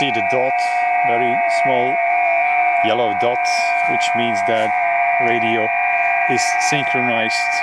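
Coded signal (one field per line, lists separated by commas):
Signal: FT8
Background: speech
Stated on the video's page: FT8 received on an ATS-120 receiver fitted with new firmware and a digital decoder board.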